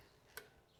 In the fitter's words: this is not keyed, but it just goes on till it snaps.